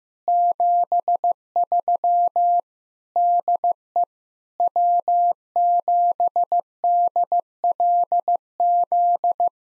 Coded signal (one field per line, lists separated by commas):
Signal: Morse code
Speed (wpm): 15 wpm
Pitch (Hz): 700 Hz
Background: none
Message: 73 DE W7DLZ